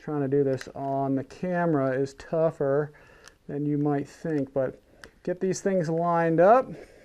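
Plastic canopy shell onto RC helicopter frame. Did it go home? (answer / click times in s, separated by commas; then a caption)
no / none. Someone talks while lining up the plastic canopy shell of an XK EC145 K124 RC helicopter over the hook underneath its frame. The shell is handled and positioned but has not yet been pressed down, and nothing has snapped into place or clicked by the end of the clip.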